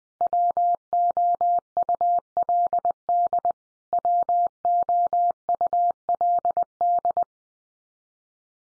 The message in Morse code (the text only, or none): WOULD WOULD